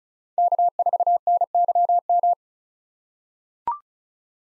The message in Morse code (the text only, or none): K4NYM